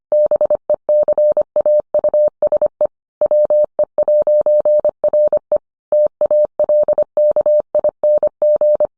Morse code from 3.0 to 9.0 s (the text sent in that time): WE'RE TALKING